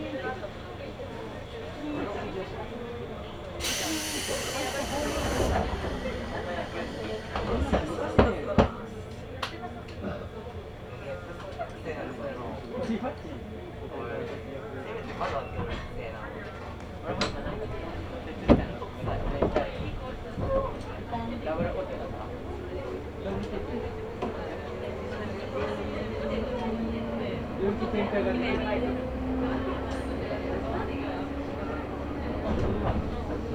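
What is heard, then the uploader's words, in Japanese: A local train on the Chuo East Line runs with a steady low rumble and voices talking over it. A short burst of hiss comes around four seconds, sharp clicks and knocks punctuate the ride, and a motor whine slides upward in pitch near the end. 中央東線 普通 韮崎→東山梨。韮崎を出てもまだ下り続けて甲府盆地に入ります。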